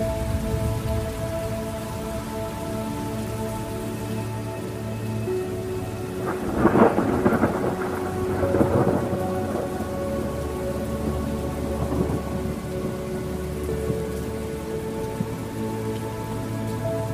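A thunderstorm with music: steady rain hisses under soft, sustained musical tones that hold and shift slowly throughout. From about six to nine seconds a crack of thunder rolls through and fades, with a fainter rumble near twelve seconds.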